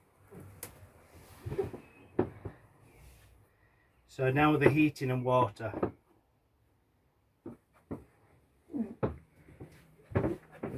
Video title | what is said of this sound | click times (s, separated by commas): Sunlight T69L demonstration - Tourer World Ltd | the bed deposit and travel make sure it clicks into place foreign | 0.6 s, 2.2 s